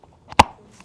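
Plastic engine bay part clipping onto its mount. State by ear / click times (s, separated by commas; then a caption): seated / 0.4 s. A plastic engine bay part on a BMW 740i is pushed back onto its mount while spilled oil is being cleaned up in the engine bay. It snaps into place with one sharp, loud, short click at 0.4 s, preceded by a faint tap around 0.3 s. The part is seated.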